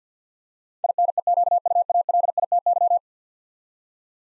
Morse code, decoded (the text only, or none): INEQUALITY